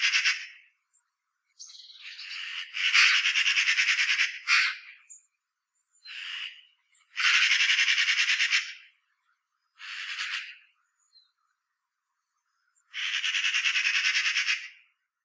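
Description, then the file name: Eurasian magpie chattering in harsh, rapid rattling bursts, each up to about two seconds long, repeated several times with silent pauses between them. "Pica pica"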